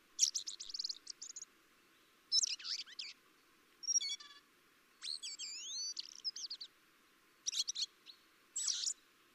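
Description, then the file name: Common blackbird calls in short bursts of high, tumbling chirps and a few clear rising and falling whistles, separated by brief pauses, over a quiet background. "Turdus merula"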